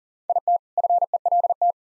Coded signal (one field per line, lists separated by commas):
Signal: Morse code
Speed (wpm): 40 wpm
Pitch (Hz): 700 Hz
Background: none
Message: IT FELT